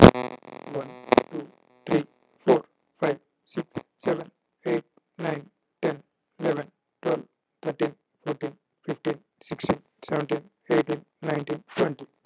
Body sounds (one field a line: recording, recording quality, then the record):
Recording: counting at a normal pace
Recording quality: poor, much background noise or distortion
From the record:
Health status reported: healthy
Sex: male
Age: 33 years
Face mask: not worn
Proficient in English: yes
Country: India